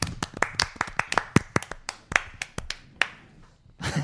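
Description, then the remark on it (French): Sparse, uneven hand clapping from a small group, a string of sharp slaps that never settles into a steady rhythm, thinning out before a brief louder burst at the end. “Mec, t'avais l'air saoulé, franchement, quand t'as applaudi.”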